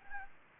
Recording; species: mosquito wingbeat signal from an infrared sensor; Anopheles gambiae